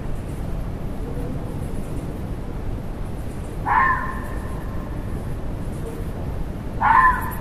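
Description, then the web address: Fox uttering two short, hoarse barks about three seconds apart against a constant low background hum. Fox recorded in a forest. "audio bosco volpina"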